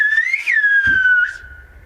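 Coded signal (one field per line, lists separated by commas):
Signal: whistled language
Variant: Turkish kuş dili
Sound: a loud, clear whistle that rises, peaks, then slides slowly down in pitch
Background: brief low thump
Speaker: Aha Mehmet diyor bak şimdi. Belki de İllaz olabilir.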